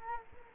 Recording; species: mosquito wingbeat signal from an infrared sensor; Culex quinquefasciatus